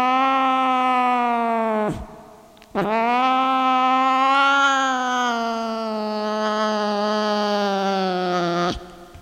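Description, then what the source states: Cat yowling: a wail breaks off around two seconds, then a second sustained, slightly wavering yowl lasts about six seconds before cutting off. Cat named Sunshine.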